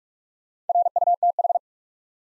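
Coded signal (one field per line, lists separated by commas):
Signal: Morse code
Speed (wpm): 46 wpm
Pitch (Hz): 700 Hz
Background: none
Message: RUTH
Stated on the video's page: Head-copy drill of common US names up to four letters at 45 wpm, each sent in Morse, spoken, then sent again.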